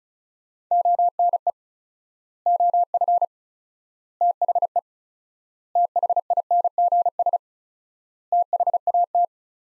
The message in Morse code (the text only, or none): ONE OF THE THINGS THAT